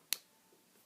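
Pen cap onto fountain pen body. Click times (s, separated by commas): 0.1 s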